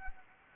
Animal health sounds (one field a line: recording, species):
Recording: mosquito wingbeat signal from an infrared sensor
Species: Anopheles gambiae